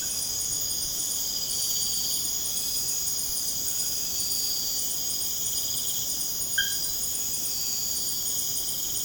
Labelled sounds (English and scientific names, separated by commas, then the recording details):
none
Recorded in pastures near Puerto Asís, Putumayo, Colombia, on 22 June 2025 at 23:00
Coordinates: 0.496, -76.326
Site GP01